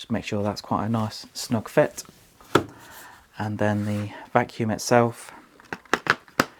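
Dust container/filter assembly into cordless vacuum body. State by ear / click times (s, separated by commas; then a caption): seated / 6.4 s. Someone talks while the refitted plastic dust container and filter assembly of a Bosch BBH3230GB 23V cordless vacuum cleaner is pushed back onto the vacuum body. A series of short, sharp plastic knocks follows, and the assembly clicks back into place at 6.4 s, seated.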